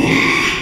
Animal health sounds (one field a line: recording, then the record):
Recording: squeal of a Yucatan mini pig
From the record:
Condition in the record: after surgery on the right vocal fold (resection and tissue-engineered implant)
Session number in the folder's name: 1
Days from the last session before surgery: 6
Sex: male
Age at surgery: 12 weeks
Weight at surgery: 13 kg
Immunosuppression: cyclosporine, prednisolone